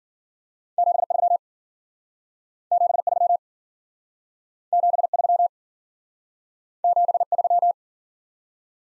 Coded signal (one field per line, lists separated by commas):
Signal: Morse code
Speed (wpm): 51 wpm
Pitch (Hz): 700 Hz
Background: none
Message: 73 73 73 73